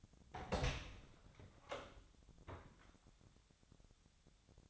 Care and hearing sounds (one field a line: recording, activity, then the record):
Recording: daily activity, microphone in the room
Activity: open door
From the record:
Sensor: 3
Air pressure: 1007.2 hPa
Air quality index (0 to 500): 202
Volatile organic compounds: 17 ppm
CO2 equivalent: 2590 ppm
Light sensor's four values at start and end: 12/28/12/12 and 12/29/12/12